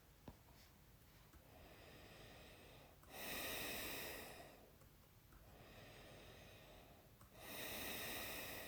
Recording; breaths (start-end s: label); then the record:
nose breathing near a microphone
1.17-2.91 s: inhalation
2.91-4.68 s: exhalation
5.19-7.07 s: inhalation
7.07-8.68 s: exhalation
From the record:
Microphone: phone